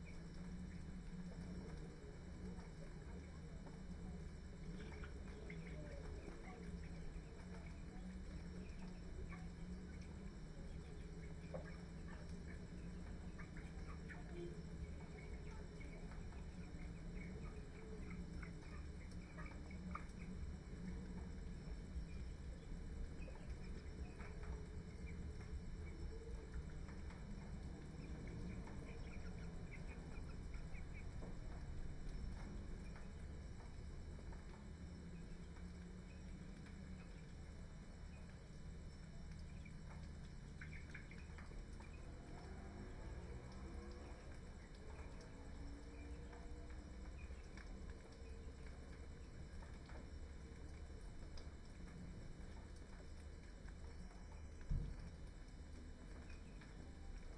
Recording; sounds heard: poultry house recording; healthy chickens